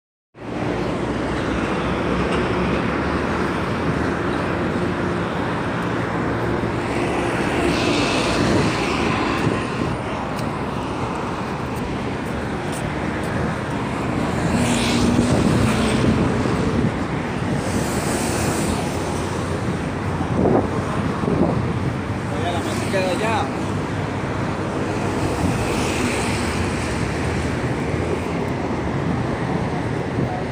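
A busy city street in the afternoon, with steady traffic and passing buses rumbling, brief horn-like tones and faint voices throughout.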